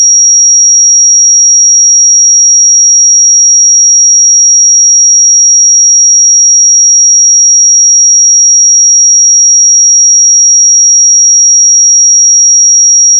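A pure sine tone at 5666 Hz holds perfectly steady for the whole thirteen seconds, high and thin with no other sound around it. Its level never changes, and it cuts off abruptly at the very end.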